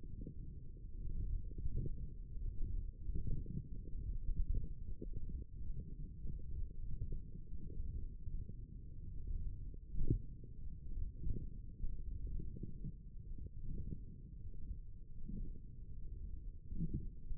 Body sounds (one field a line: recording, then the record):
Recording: forearm muscle sounds (acoustic myography)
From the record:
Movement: wrist flexion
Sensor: system 1, eight BSWA MPA416 microphones around the upper forearm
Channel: 1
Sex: male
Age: 23 years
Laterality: right